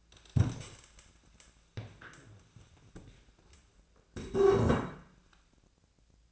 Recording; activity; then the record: daily activity, microphone in the room; stand up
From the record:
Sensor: 2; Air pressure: 1000.3 hPa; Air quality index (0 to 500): 162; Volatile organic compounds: 3 ppm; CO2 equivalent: 1348 ppm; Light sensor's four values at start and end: 8/19/8/9 and 8/17/8/8